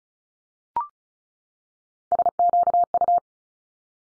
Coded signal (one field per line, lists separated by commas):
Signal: Morse code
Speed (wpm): 36 wpm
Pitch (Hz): 700 Hz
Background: none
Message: SQU